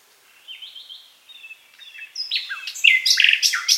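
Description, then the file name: Common nightingale song: quiet whistled notes building into a loud rapid series of sharp repeated chirps. "Luscinia megarhynchos"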